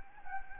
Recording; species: mosquito wingbeat signal from an infrared sensor; Anopheles gambiae